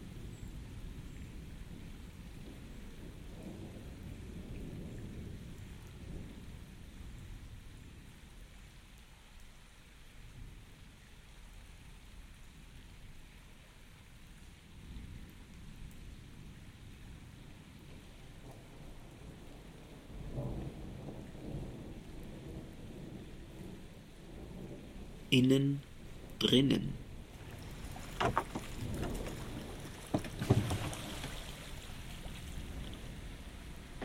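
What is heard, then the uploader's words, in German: A thunderstorm over a lake, with steady soft rain hiss and low, rolling rumbles of thunder swelling and fading through the first twenty seconds. Near 25 to 27 seconds, and again at 30, sharp loud cracks cut in. Ein Portrait von Lunz und dem gleichnamigen See bei Gewitter. Mittels Kunstkopf-Stereophonie hat der Komponist Karlheinz Essl Soundscapes aufgenommen, die sich auf einen konkreten Ort oder eine besondere Situation beziehen.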